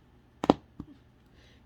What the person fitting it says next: hear that clicking that is telling me that those diamonds are on there